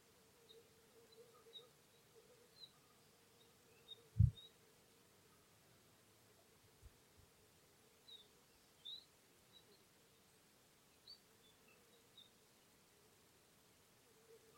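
Birdsong over spring cereal fields: faint, scattered high chirps come and go over a steady low hum, with one brief thump near four seconds.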